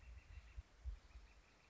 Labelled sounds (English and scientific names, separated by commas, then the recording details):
Northern Flicker (Colaptes auratus)
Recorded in Sonoma County, California